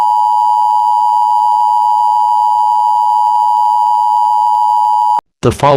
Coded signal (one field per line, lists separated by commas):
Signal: Emergency Alert System (SAME) tones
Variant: 853 and 960 Hz attention tone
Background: speech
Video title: EAS Scenario: Oklahoma Chaos and Maine Abduction